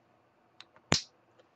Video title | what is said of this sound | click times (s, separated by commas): Waterstones Fountain Pen Review | You hear that click? It's a very loud click. | 0.9 s